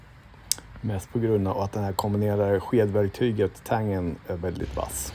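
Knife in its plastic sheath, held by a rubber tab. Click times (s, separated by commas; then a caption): 0.5 s. A Victorinox Venture Pro knife is handled in its plastic sheath, which holds it with a rubber retaining tab that feels like it will break. A sharp click at 0.5 s marks the tab seating shut. Someone talks through the rest of the clip.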